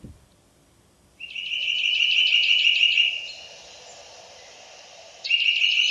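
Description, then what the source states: Eurasian nuthatch song: a fast, even trill of high piping notes lasting about two seconds, then a fainter stretch before the trill starts again. Song recording played back again.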